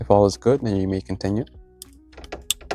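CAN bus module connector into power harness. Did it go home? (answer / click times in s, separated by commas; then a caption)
yes / 2.5 s. Someone talks, then the CAN bus module connector is pushed into the main power harness of a 13-inch Tesla-style screen kit for a 2020–2025 Ford F150, F250, F350, F450 or F650 with Sync 4 and an 8-inch screen. A few small plastic ticks lead up to a sharp, loud click at 2.5 s as the connector seats.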